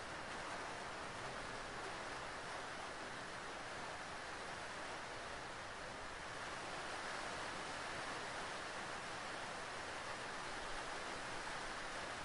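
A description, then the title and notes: Rain drums steadily on a tin roof, a dense, unbroken hiss with no pauses or separate drops standing out. The sound is bright and even throughout, with a faint low rumble underneath and no change in intensity over the twelve seconds. Rain Sounds: Serenity on a Tin Roof. Rain on tin roof, rain on metal roof. Tin roof rainstorm sounds.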